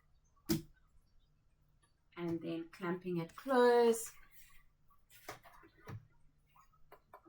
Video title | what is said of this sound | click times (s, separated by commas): Easter Gift Tags | So opening clamp A, placing in our pen till you hear the click, | 0.5 s